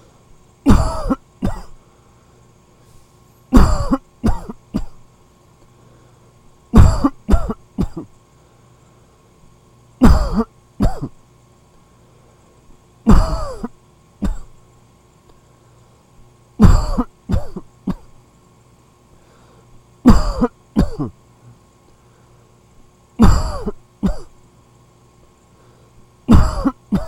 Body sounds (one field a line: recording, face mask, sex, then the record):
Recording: voluntary coughing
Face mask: none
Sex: male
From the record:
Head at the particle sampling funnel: facing it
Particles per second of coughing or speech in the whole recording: 13.1